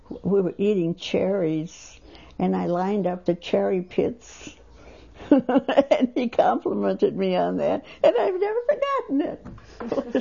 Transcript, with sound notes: We were eating cherries, and I lined up the cherry pits. ( she laughs ) And he complemented me on that, and I've never forgotten it.